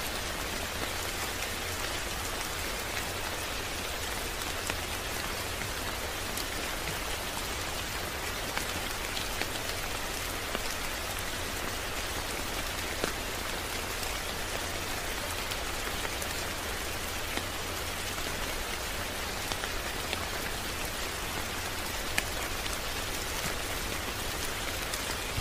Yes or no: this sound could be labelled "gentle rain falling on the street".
yes